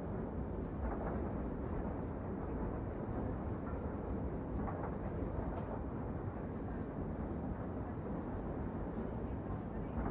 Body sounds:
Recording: background sound without coughing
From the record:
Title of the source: Train Ride Ambience ambient white noise for sleeping, focus, studying, reading

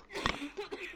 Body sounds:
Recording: coughing mixed with background sound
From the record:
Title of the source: 64 coughing, allergies, singing lungs

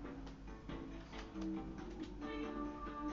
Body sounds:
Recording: background sound without coughing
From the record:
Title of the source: BackgroundMusic3

